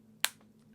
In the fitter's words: micro adjust it, and then put it all the way back, and it snaps into place. Check it out.